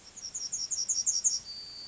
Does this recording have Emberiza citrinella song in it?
yes